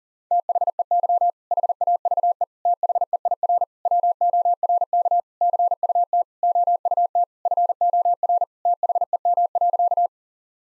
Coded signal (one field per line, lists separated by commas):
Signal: Morse code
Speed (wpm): 37 wpm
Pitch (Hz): 700 Hz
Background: none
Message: THEY HAVE THEIR WORK CUT OUT FOR THEM.